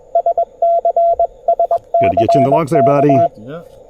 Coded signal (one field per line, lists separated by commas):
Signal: Morse code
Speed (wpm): 21 wpm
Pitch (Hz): 690 Hz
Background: speech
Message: SCSCK